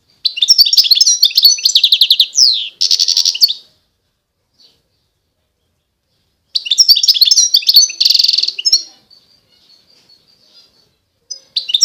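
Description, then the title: European goldfinch song: bursts of rapid tinkling, twittering notes with buzzy trills, then a pause and another burst. Wild bird. "اجمل غناءالحسون الخلويchant chardonneret sauvage"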